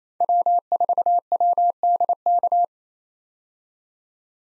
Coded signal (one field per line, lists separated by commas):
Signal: Morse code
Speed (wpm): 28 wpm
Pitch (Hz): 700 Hz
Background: none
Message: W4WDK